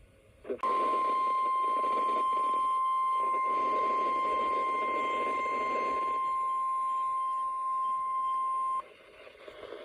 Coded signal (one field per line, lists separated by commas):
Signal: Emergency Alert System (SAME) tones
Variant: 1050 Hz attention tone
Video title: A 5% Flop - EAS Alerts from 5/30/25 || EAS 1,808-1,822